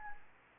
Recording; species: mosquito wingbeat signal from an infrared sensor; Anopheles arabiensis